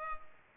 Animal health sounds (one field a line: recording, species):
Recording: mosquito wingbeat signal from an infrared sensor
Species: Culex pipiens